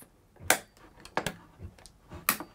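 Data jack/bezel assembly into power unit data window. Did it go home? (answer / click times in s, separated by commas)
yes / 0.5 s, 2.3 s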